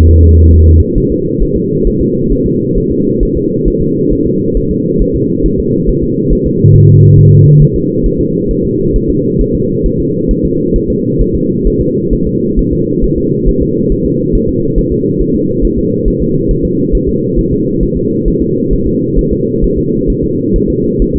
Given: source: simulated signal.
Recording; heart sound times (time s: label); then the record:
fetal heart sounds
0.09 s: S1
0.23 s: S2
0.53 s: S1
0.67 s: S2
0.98 s: S1
1.12 s: S2
1.43 s: S1
1.56 s: S2
1.87 s: S1
2.01 s: S2
2.32 s: S1
2.46 s: S2
2.78 s: S1
2.92 s: S2
3.23 s: S1
3.37 s: S2
3.68 s: S1
3.82 s: S2
4.13 s: S1
4.26 s: S2
4.57 s: S1
4.71 s: S2
5.02 s: S1
5.15 s: S2
5.46 s: S1
5.60 s: S2
5.89 s: S1
6.03 s: S2
6.33 s: S1
6.46 s: S2
6.76 s: S1
6.89 s: S2
7.19 s: S1
7.33 s: S2
7.62 s: S1
7.76 s: S2
8.06 s: S1
8.20 s: S2
8.51 s: S1
8.65 s: S2
8.96 s: S1
9.10 s: S2
9.41 s: S1
9.55 s: S2
9.86 s: S1
10.00 s: S2
10.31 s: S1
10.45 s: S2
10.76 s: S1
10.90 s: S2
11.21 s: S1
11.35 s: S2
11.67 s: S1
11.81 s: S2
12.13 s: S1
12.27 s: S2
12.59 s: S1
12.73 s: S2
13.04 s: S1
13.18 s: S2
13.49 s: S1
13.62 s: S2
13.92 s: S1
14.06 s: S2
14.35 s: S1
14.49 s: S2
14.78 s: S1
14.92 s: S2
15.21 s: S1
15.35 s: S2
15.65 s: S1
15.78 s: S2
16.08 s: S1
16.22 s: S2
16.51 s: S1
16.65 s: S2
16.95 s: S1
17.09 s: S2
17.39 s: S1
17.53 s: S2
17.83 s: S1
17.97 s: S2
18.28 s: S1
18.42 s: S2
18.73 s: S1
18.87 s: S2
19.19 s: S1
19.32 s: S2
19.64 s: S1
19.78 s: S2
20.10 s: S1
20.24 s: S2
20.56 s: S1
20.70 s: S2
21.02 s: S1
21.16 s: S2
From the record:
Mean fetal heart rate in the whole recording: 135 bpm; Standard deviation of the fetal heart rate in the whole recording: 3 bpm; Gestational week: 36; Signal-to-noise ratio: -11.2 dB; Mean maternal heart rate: 72 bpm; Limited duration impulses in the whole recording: present